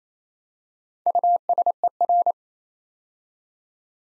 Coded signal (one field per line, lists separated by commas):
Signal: Morse code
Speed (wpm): 27 wpm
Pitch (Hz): 700 Hz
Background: none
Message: USER